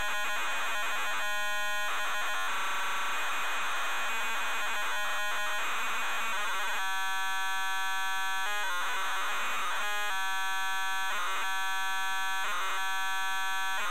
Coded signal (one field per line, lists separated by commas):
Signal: ZX Spectrum tape loading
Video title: ZX SPECTRUM Loading TotalRecall Ocean Software Ltd. 1991